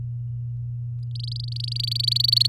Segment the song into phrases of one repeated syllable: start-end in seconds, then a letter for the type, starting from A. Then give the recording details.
1.15-2.47 A. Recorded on 8 May 2018 at 05:43. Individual llb16